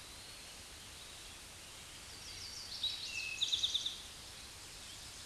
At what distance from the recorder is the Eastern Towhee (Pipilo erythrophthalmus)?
about 30 m